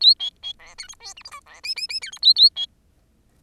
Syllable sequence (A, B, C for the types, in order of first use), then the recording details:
A B B C D E F G H I C J J J D E A A B. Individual Bird10